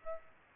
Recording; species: mosquito wingbeat signal from an infrared sensor; Aedes aegypti